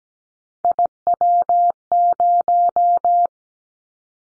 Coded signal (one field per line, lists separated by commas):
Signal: Morse code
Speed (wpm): 17 wpm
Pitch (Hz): 700 Hz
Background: none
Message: IW0